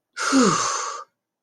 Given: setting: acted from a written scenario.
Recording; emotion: vocal sound without words; relief